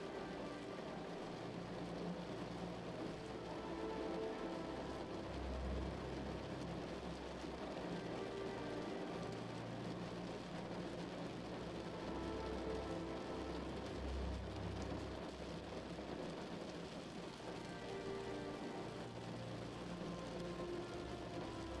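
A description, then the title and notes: Steady rain falls against a window, a dense, even hiss of drops that never lets up. Beneath it runs a low rumble that swells briefly around five and fourteen seconds, like faint thunder, while the overall loudness stays nearly constant. Rain at your window.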